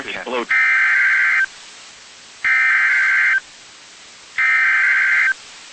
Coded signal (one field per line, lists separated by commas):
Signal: Emergency Alert System (SAME) tones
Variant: header bursts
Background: speech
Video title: EAS #116-119 (Four Severe Thunderstorm Warnings)